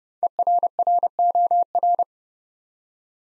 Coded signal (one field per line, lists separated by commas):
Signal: Morse code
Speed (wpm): 30 wpm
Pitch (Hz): 700 Hz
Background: none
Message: ERROR